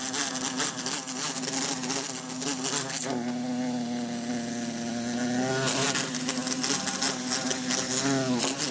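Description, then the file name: Bumblebee buzzing with a wavering pitch, with rapid ticking taps as it strikes a hard surface again and again. Bumblebee trying to escape through a closed window. "Bumblebee trying to escape thru closed window"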